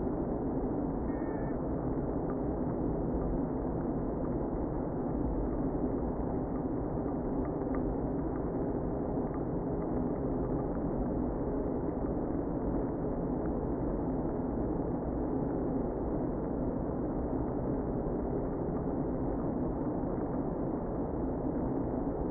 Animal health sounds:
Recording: honeybee colony, microphone inside the hive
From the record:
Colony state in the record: queen present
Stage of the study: before two queens were removed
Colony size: about 60,000 bees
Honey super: yes

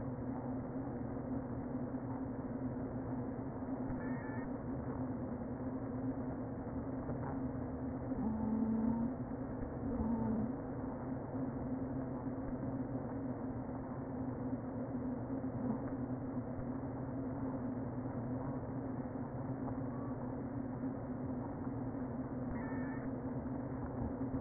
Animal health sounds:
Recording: honeybee colony, microphone inside the hive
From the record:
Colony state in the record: queen present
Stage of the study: before two queens were removed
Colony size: about 60,000 bees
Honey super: yes

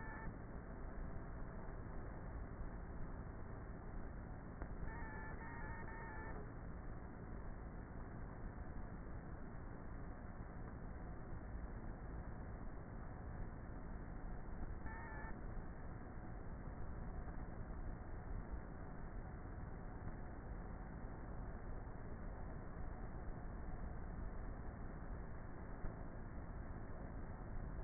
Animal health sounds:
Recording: honeybee colony, microphone inside the hive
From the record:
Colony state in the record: queenless with a low population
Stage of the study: before two queens were removed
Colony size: about 30,000 bees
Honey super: no

